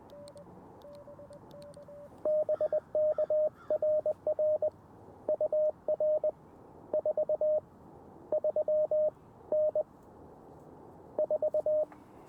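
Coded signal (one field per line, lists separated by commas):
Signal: Morse code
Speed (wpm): 20 wpm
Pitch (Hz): 620 Hz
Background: radio noise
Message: BK RR UR 4 3 N 4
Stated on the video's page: CW Parks on the Air activation on an Elecraft KX2 with AX-1 antenna at 1 watt, later 5 watts.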